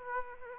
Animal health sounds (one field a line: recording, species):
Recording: mosquito wingbeat signal from an infrared sensor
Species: Aedes aegypti